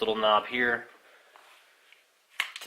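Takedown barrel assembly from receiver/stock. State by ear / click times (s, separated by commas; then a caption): released / 2.4 s. Someone talks, then twists the takedown knob on a suppressed Ruger 10/22 Takedown rifle with a TacSol barrel and SilencerCo Sparrow suppressor to separate the barrel assembly from the receiver and stock. After a quiet stretch with faint ticks, a sharp, loud click at 2.4 s is followed by a softer one just after. The two halves twist apart and are released.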